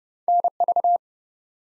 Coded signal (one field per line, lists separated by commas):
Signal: Morse code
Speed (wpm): 30 wpm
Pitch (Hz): 700 Hz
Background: none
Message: NV